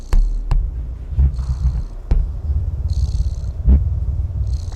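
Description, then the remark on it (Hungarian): A cat's purr plays through a small game controller speaker while the controller also vibrates: a steady low rumble broken by sharp clicks and brief bursts of hissy high-pitched noise, with no talking. “Dorombol a cica, és jön a kontrollerből a hang.”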